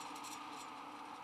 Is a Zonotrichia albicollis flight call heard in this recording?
no